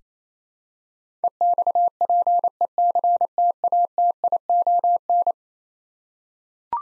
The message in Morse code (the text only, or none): EXPECTATION